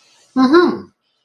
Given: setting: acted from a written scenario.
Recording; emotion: vocal sound without words; interest